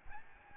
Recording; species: mosquito wingbeat signal from an infrared sensor; Aedes albopictus